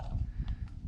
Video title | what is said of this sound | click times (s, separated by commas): The New StrikeMaster 8" Lite-Flite Ice Auger - Unboxing And Review | This slides over the top, pops into place. | 0.5 s